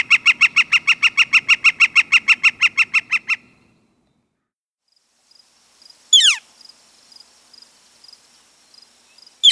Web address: Northern Flicker